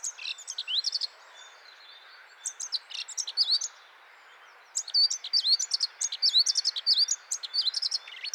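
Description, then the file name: Eurasian blackcap song in rapid jumbled bursts of high, varied notes, with a short gap before a longer, louder run that fills the second half. "Sylvia atricapilla"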